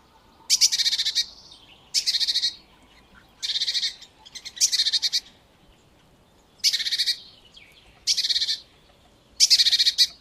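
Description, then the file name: Great tit scolding churr, seven harsh rattling bursts each under a second long, spaced roughly every one to two seconds. "Parus major"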